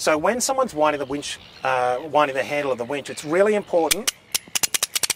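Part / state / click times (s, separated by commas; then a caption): ratchet pawl in a boat trailer hand winch / seated / 4.6 s, 4.8 s, 5.0 s, 5.1 s. Someone talks while the handle of a boat trailer hand winch is wound, and the metal ratchet pawl then clicks over the gear teeth at 4.6, 4.6, 4.8, 4.8, 5.0 and 5.1 seconds. The clicking shows the pawl is engaged and in place, so the winch will not run back if winding stops.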